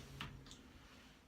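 A click-type torque wrench tightens a cylinder head bolt on a Subaru engine to the first setting of 22 foot-pounds with a firm, controlled stroke during installation of MLS head gaskets. The wrench gives a sharp, bright click at 0.2 s, followed by a softer, higher tick around 0.5 s over a low steady hum. The click confirms the bolt has reached 22 foot-pounds.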